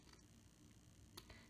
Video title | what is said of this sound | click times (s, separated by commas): Antique Spring Pendant- DIY Jewelry Making Tutorial by PotomacBeads | and you'll hear that little snap. So you heard that little snap, and that got that cab right in there. | 1.2 s